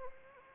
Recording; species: mosquito wingbeat signal from an infrared sensor; Anopheles arabiensis